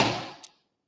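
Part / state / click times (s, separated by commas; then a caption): heat press top plate and its closing latch / not seated / none. The top plate of a HappyPress 4 heat press is lowered with the pressure knob turned too far to the left, giving a broad thud at the start that fades over about half a second, with a faint high tick at 0.44 s. The plate drops straight down without clicking into its latch because there is not enough pressure, so nothing has clicked closed yet.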